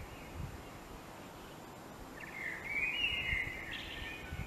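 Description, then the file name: Common blackbird singing a fluting, twisting phrase in the second half after quiet hiss, ending with higher notes. "Turdus merula"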